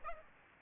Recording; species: mosquito wingbeat signal from an infrared sensor; Aedes aegypti